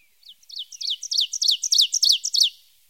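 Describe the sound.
Ovenbird song: a rapid series of many sharp two-note phrases, high-pitched and building steadily louder over about two seconds before stopping abruptly.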